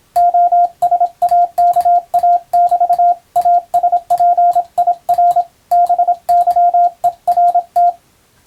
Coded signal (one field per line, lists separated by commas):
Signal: Morse code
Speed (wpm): 26 wpm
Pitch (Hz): 700 Hz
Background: radio noise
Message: OSAKA<BT>ASPIR BYERT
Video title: ボケ防止に昔楽しんだモールス符号を思い出そう！YouTubeの再生速度を聞き取りやすい速度に設定して受信練習を始めてみませんか(morse code practice radio operator )